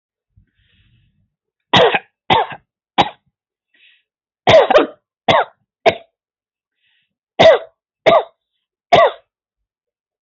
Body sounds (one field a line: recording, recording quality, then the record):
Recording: heavy voluntary cough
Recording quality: excellent, no background noise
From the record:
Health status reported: healthy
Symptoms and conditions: diabetes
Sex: male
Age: 35 years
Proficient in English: yes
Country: India